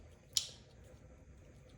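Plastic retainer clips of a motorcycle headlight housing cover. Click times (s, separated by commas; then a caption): 0.4 s. The housing of a MotoCult 7" motorcycle headlight is closed over the rewired connector and pressed until its three small plastic retainer clips snap into place. A single sharp, bright snap is heard at 0.4 s over a low background hum. The clips are seated and the headlight bucket is closed.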